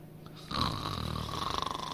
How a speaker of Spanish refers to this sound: Oye, que llevamos viendo esto de los ronquidos 2 horas ya.